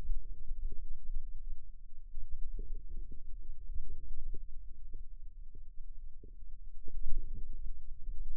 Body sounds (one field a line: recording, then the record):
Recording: forearm muscle sounds (acoustic myography)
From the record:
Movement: inward rotation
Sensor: system 2, bracelet of six BSWA MPA416 microphones around the upper forearm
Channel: 1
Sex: female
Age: 22 years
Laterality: right